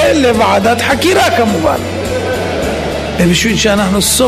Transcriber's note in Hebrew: הקהל צוחק